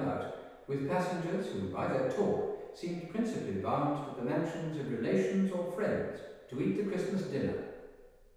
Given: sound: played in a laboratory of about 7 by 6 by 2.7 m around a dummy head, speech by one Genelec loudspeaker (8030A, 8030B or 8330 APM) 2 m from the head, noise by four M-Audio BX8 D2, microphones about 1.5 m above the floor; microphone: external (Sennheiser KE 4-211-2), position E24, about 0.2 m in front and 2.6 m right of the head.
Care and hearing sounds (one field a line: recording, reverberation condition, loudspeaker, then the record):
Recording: male speech in English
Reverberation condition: high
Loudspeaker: 90 degrees to the left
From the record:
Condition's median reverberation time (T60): about 1300 ms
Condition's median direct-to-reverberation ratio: about -4.0 dB